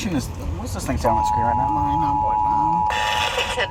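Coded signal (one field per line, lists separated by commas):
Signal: Emergency Alert System (SAME) tones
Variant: 853 and 960 Hz attention tone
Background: speech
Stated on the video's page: Areal flood warning received on a weather radio station and broadcast stations.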